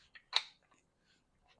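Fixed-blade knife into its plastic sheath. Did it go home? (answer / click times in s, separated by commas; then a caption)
yes / 0.4 s. A drop-forged fixed-blade knife made from one solid piece of 52100 steel is pushed into its molded plastic Cold Steel Secure-Ex sheath. A small tick at 0.2 s comes before a sharp, bright snap at 0.4 s, then faint rustling. The knife is seated, snapping into place rather than sliding into a tension-fit sheath.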